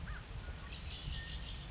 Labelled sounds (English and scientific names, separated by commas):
Red-winged Blackbird (Agelaius phoeniceus)